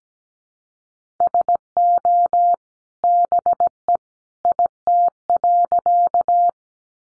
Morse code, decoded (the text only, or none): SO BE IT.